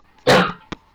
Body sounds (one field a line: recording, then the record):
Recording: coughing mixed with background sound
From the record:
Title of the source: Barking cough - # 10